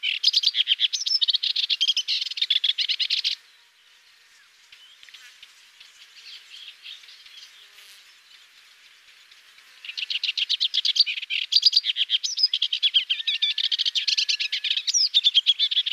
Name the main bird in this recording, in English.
Sykes's Warbler